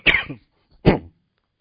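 An adult man coughs twice in quick succession. His throat feels very itchy today for no known reason, and he keeps coughing.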